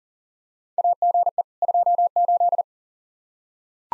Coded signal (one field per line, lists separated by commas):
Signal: Morse code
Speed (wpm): 40 wpm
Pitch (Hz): 700 Hz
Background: none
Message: AGE 28